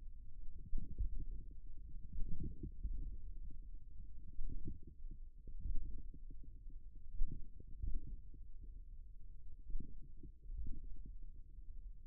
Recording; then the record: forearm muscle sounds (acoustic myography)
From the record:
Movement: finger pinch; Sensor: system 1, eight BSWA MPA416 microphones around the upper forearm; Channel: 8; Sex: male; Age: 41 years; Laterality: right